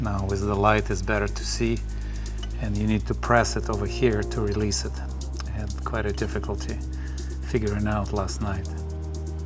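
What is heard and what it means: Someone talks over background music while handling the push-release connection, a hose quick-connect or connector, during a DIY replacement of an inverter coolant pump, working it onto the new pump. A few faint short ticks come at the very end, but nothing has seated or clicked yet.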